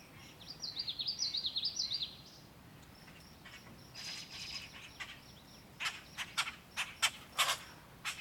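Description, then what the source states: Bird giving a rapid warbling twitter for two seconds, then a pause and a series of loud sharp chirps, over low background rumble. Angry birds fighting, recorded in the countryside.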